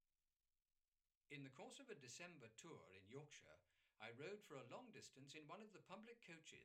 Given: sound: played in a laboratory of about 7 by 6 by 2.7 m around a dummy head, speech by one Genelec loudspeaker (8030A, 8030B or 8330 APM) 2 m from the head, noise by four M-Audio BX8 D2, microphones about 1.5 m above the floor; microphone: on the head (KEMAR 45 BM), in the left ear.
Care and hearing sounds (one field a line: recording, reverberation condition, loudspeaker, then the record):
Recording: male speech in English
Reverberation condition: low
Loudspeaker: 60 degrees to the left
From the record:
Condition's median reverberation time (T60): about 310 ms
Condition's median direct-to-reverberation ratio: about 3.5 dB